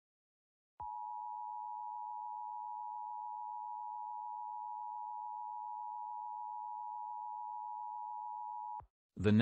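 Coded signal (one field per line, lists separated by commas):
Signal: Emergency Alert System (SAME) tones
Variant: 853 and 960 Hz attention tone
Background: speech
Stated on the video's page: Simulated EAS scenario for a fictional downburst warning in New York's Capital Region.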